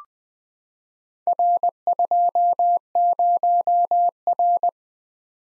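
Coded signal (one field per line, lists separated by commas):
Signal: Morse code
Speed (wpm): 20 wpm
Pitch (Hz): 700 Hz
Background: none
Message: R20R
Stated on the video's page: Morse practice at 20 wpm: random four-character letter-number groups for head-copy, each sent, spoken, then sent again.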